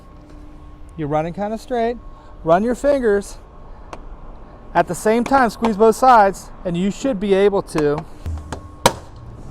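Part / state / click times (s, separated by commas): top rail onto the aluminum rail and posts / seated / 8.9 s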